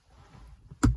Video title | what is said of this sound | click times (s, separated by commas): How to replace a BMW Gear Knob / Shift Knob - SO MUCH BETTER! EASY DIY! | So when you get to this point, just push down and you'll hear it click, and there you go. | 0.8 s